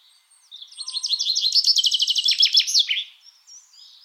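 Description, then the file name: Common chaffinch song: a single rapid rattling phrase that descends in steps and ends with a short emphatic flourish, followed by faint chirps. "Fringilla coelebs"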